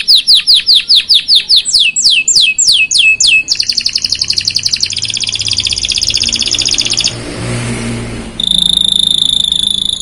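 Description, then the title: Canary song of a rapid series of downward-swooping whistles, then a dense buzzy trill, a short pause, and a clear sustained whistle. Belgian canary song played to warm up canaries and get them singing; the bird is a black-red canary described as a vigorous singer. "Canto Para Esquentar Canário Belga. Suara Burung Kenari Black red Gacor Dor"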